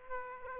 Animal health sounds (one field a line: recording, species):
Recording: mosquito wingbeat signal from an infrared sensor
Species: Aedes aegypti